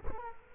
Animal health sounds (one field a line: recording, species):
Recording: mosquito wingbeat signal from an infrared sensor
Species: Culex quinquefasciatus